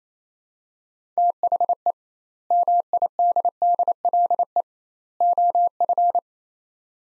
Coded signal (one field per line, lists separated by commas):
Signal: Morse code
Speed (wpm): 27 wpm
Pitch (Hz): 700 Hz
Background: none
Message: THE MIDDLE OF